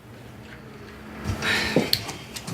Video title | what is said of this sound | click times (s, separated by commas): مستند کشور زندان‌ها | Well, when we hear that click, you're on HIPP. | 1.9 s